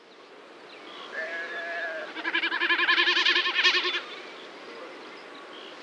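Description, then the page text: Common snipe drumming, a pulsing, bleating hum lasting about two seconds, preceded by a brief thin tonal sound. "Common Snipe Drum. Quick Sounds"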